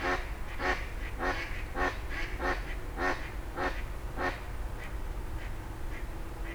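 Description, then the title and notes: Grey herons croaking, a run of hoarse, buzzy squawks about twice a second that fade out near the end, over a background roar of road traffic. Several grey herons exchanging calls at 04:00 as traffic gradually resumes, Rue des Gourgues, Fenouillet, France. "44 Rue des Gourgues, 31150 Fenouillet, France - 04h00-Dialogue de Hérons cendrés. 04h00-Alors que la circulation reprend peu à peu, des hérons cendrés se font des politesses"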